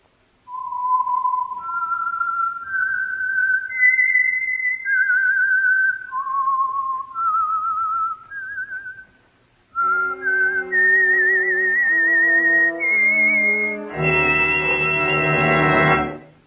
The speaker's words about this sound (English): And for Sunday evening listening pleasure, the signal to listen for is this whistle that identifies the Signal Oil Program, The Whistler.